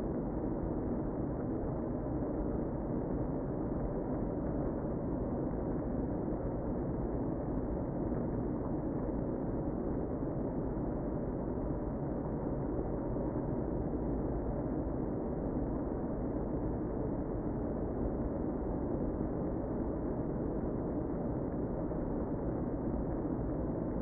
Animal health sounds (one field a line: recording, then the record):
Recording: honeybee colony, microphone inside the hive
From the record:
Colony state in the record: queen present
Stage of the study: before two queens were removed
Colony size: about 60,000 bees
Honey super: yes